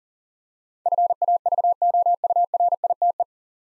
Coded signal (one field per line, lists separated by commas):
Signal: Morse code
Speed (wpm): 40 wpm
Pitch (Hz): 700 Hz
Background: none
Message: FAVOURITE